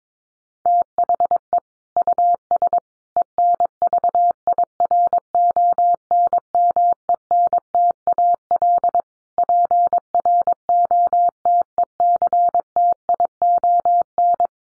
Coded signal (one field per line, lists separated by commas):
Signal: Morse code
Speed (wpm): 22 wpm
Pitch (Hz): 700 Hz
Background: none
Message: THE US ENVIRONMENTAL PROTECTION